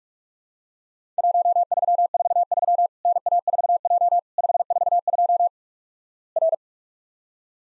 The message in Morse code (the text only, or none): 1343 NA4J 542 R